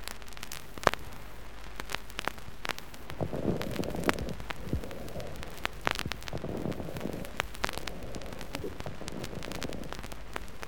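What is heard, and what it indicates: Muffled voice sounds through a stethoscope over an adult chest in two bursts: bronchophony weakened over the area of dull percussion note and increased above the level of the exudate.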